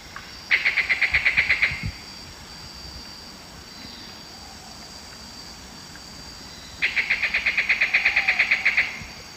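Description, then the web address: Ringed kingfisher giving a loud, harsh, rapid rattle in two bursts, each lasting one to two seconds, separated by several seconds of quiet. South America, Eastern Lowlands. "Natures Songs S America Eastern Lowlands. Megaceryle torquata, calls"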